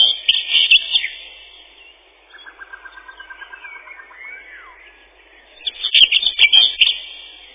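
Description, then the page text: Common whitethroat delivering quick scratchy warbles at the start and end, with a lower, evenly pulsed trill between them. Song a chattering 'tirli-vi-tir-li-chet-chit-chitirli'. "Серая славка, или славка-говорунчик — Sylvia communis. Пение. Песня — щебетание “тирли-ви-тир-ли-чет-чит-читирли”"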